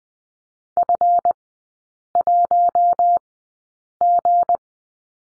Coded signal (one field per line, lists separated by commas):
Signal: Morse code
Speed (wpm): 20 wpm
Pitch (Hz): 700 Hz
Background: none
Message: F1G